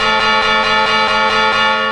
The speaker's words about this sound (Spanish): ¡Van a llegar el momento a las campanadas! ¡El carrillón, el carrillón!